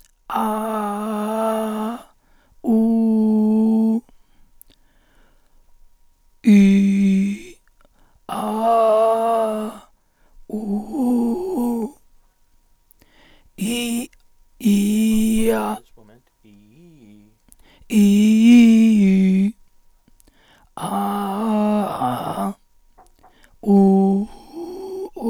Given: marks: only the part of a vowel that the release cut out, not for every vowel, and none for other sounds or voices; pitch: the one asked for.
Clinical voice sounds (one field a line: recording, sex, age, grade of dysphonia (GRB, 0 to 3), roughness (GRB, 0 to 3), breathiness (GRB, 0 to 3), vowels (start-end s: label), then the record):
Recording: sustained vowels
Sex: male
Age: 50 to 59 years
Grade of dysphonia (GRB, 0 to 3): 3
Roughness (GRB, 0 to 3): 2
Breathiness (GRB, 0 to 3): 3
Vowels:
0.48-1.73 s: vowel /a/, high pitch
2.74-3.90 s: vowel /u/, high pitch
6.55-7.21 s: vowel /i/, low pitch
8.51-9.53 s: vowel /a/, low pitch
10.71-11.73 s: vowel /u/, low pitch
18.01-18.98 s: vowel /i/, low-high-low pitch
20.96-22.21 s: vowel /a/, low-high-low pitch
23.77-25.01 s: vowel /u/, low-high-low pitch
From the record:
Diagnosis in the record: dysarthrophonia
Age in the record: 54 years